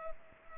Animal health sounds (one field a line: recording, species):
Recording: mosquito wingbeat signal from an infrared sensor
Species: Culex pipiens